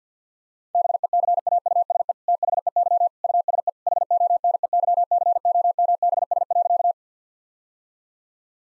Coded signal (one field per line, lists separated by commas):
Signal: Morse code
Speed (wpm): 50 wpm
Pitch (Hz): 700 Hz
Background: none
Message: BECAUSE THEY USE HONEYCOMBS.